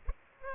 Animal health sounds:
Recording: mosquito wingbeat signal from an infrared sensor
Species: Culex pipiens

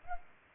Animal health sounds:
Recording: mosquito wingbeat signal from an infrared sensor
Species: Culex pipiens

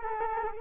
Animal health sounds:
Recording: mosquito wingbeat signal from an infrared sensor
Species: Culex quinquefasciatus

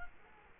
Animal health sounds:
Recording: mosquito wingbeat signal from an infrared sensor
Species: Culex quinquefasciatus

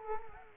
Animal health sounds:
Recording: mosquito wingbeat signal from an infrared sensor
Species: Culex quinquefasciatus

